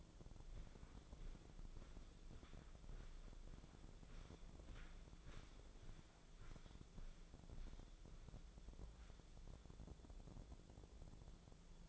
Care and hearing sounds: daily activity, microphone in the room; walk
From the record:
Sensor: 5

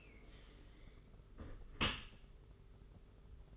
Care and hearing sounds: daily activity, microphone in the room; close dishwasher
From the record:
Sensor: 4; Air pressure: 992.1 hPa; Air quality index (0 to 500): 108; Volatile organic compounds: 17 ppm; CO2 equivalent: 2586 ppm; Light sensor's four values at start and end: 23/78/29/30 and 23/78/29/30

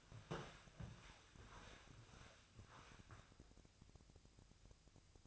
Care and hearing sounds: daily activity, microphone in the room; walk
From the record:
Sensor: 2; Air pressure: 1000.4 hPa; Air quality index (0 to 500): 165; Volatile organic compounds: 3 ppm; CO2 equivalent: 1378 ppm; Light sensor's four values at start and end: 14/38/15/17 and 14/37/14/16

